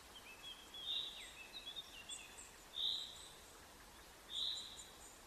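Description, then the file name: Common chaffinch call notes: three sharp high chips spaced about one and a half to two seconds apart, with faint thin twittering and a steady background hiss. "Fringilla coelebs"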